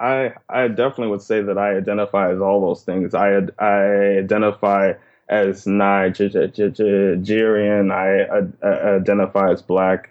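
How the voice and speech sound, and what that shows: Adult male speech with repeated "I, I, I" and a mid-word block on "Nigerian," typical of stuttering. He has stuttered since a very young age, was a covert stutterer through high school, and sought help in college, learning to speak slower and pause more.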